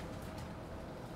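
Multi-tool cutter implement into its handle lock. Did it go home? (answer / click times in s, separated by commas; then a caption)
no / none. The partly deployed V cutter of a SOG PowerAssist S66 folding steel multi-tool is handled as it is worked toward its piano lock in the handle. Only a steady, low, even rumble with no sharp transients is heard across the 1.2 seconds. Nothing has seated or clicked yet.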